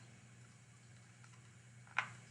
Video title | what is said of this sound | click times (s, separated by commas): J&G Electric Co., Inc. - Day 6: How to identify a 10 year sealed battery smoke detector. | Very important to hear the click to make sure that it's in. | 2.0 s